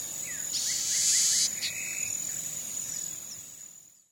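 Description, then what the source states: Red-breasted blackbird giving one loud, dry, buzzing hiss, with a thin continuous insect drone behind and faint chirps afterward. Recorded in the eastern lowlands of South America.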